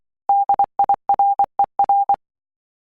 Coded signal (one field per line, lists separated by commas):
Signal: Morse code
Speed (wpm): 24 wpm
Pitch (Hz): 800 Hz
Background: none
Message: DIRER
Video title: Morse Code Practice 3 - 'D' 'K' 'G' 'O' 'H'